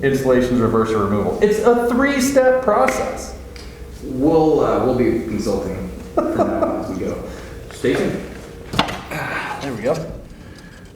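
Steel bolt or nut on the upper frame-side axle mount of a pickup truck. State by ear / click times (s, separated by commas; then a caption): stripped / 8.8 s. A wrench is turned on a steel bolt or nut at the upper frame-side axle mount while the rear axle is being removed from a 1999–2007 Ford F-250 or F-350 Super Duty pickup truck, as someone talks. A sharp metallic hit sounds at 8.8 s. The fastener did not break loose; the bolt head stripped under the wrench.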